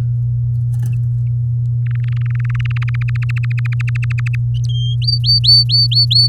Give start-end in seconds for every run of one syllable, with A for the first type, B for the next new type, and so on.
1.86-3.24 A, 3.29-4.35 B, 4.69-4.95 C, 5.02-6.28 D